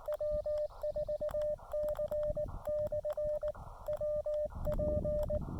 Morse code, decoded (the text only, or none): W4C/ WP